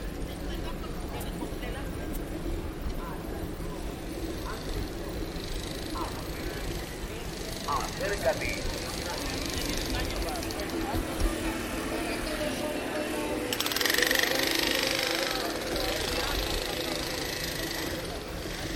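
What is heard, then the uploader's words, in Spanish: A bicycle ride through central Bogotá, with a steady wash of street noise and traffic rumble throughout. Voices pass in and out, and a few short clicks and bright chirps stand out. Around thirteen seconds a louder hiss swells for several seconds before easing back. Paisaje Sonoro Centro Centro de Bogotá en Bicicleta. Grabado en bicicleta.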